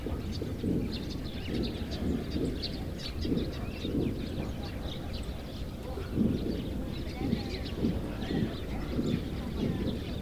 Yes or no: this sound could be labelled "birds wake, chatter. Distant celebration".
yes